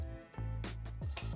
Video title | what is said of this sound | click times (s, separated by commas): How to Install and Activate a SATA SSD - Full Guide | want to push it into you hear the click and then the rest gets fed through here and | 1.2 s